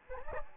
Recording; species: mosquito wingbeat signal from an infrared sensor; Anopheles gambiae